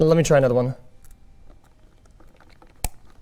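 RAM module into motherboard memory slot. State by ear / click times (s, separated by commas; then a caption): seated / 2.9 s. A RAM module is pressed into a motherboard DIMM slot after switching to another stick, while someone talks at the start. Faint small clicks and rustles follow before a sharp, loud click at 2.8 s as the module seats in the slot.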